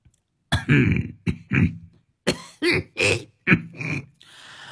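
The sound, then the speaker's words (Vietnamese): An old man, one of the oldest in his village, coughs several times in a row as a signal for a clamoring crowd to fall silent: harsh and raspy bursts with a brief pause between two clusters, fairly loud and with no talking around them. “Bấy giờ cụ Mạnh là một trong những người nhiều tuổi nhất làng, ho sổ sụ lên mấy tiếng, tựa như là một dấu hiệu để cho mọi người đang nhao nhao phải yên lặng.”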